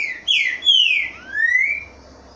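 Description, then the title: Green-winged Saltator song: loud, mellow whistled notes slurring downward one after another, then a longer whistle that climbs slowly before fading. Boiadeiro song type; recording used to warm up captive trinca-ferro. "TRINCA FERRO CANTANDO BOIADEIRO - ESQUENTAR TRINCA FERRO"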